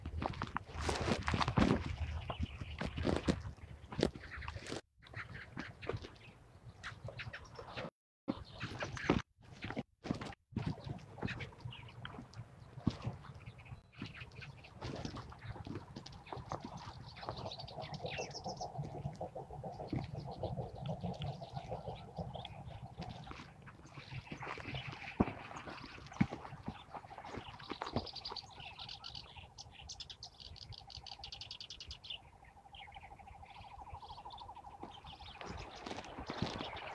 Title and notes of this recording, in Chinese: 沙河北岸鸟鸣记录。多种鸟类的叫声和自然的声音